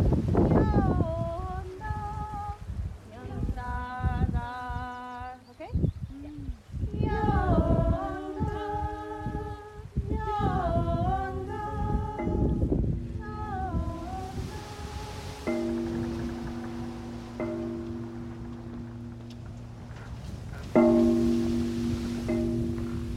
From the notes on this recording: recordings he made in the bay of Camas Tuath on the Isle of Mull, Scotland